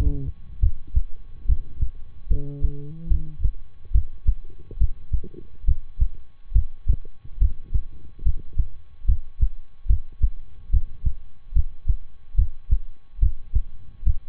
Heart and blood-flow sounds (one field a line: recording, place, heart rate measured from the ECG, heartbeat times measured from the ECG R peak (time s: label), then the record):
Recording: heart sounds by stethoscope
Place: between the tricuspid and mitral areas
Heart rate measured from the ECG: 71 bpm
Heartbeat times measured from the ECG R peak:
0.59 s: heartbeat
1.45 s: heartbeat
2.27 s: heartbeat
3.07 s: heartbeat
3.91 s: heartbeat
4.77 s: heartbeat
5.64 s: heartbeat
6.52 s: heartbeat
7.37 s: heartbeat
8.22 s: heartbeat
9.05 s: heartbeat
9.86 s: heartbeat
10.69 s: heartbeat
11.52 s: heartbeat
12.34 s: heartbeat
13.18 s: heartbeat
14.02 s: heartbeat
From the record:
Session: rest, lying down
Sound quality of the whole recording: good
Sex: male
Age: 23 years